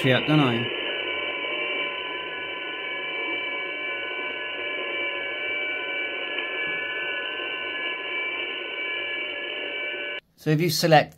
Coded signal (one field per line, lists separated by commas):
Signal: FT8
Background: speech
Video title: DigiPi - Aprs RX & Message - ICOM IC-705